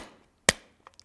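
A tight-fitting aluminum magwell, already popped over the polymer grip of a pistol frame, is pushed down to make sure it is fully seated. A sharp knock-like hit sounds at 0.5 s, followed by a few faint small ticks near the end, and the magwell is seated.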